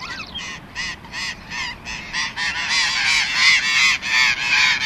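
Burrowing parakeet calls, grating squawks repeated about three times a second, building into a dense, overlapping chorus of several birds.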